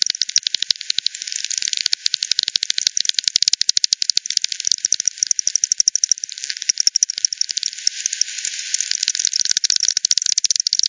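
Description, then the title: Bat echolocation pulses heard as a fast, crackling rattle of clicks, steady throughout with several overlapping pulse trains. Multiple bats at Hogsmill River, Hogsmill Lane, 7 October 2020 at 18:10; recording frequency-divided (FD10), band-pass filtered and resampled. "WW bat 20201007 T 18 : 10 Z-Hogsmill-Lane-Hogsmill-River-multiple-bats"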